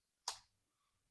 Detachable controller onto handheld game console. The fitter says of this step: I just want to hear the snap for the first time.